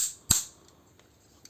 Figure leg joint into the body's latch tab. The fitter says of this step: does have a joint in the middle you kind of gotta it latches right here on this little black tab